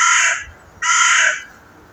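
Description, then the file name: Carrion crow producing two loud, rasping caws back to back, the second slightly longer than the first. "Corvus corone"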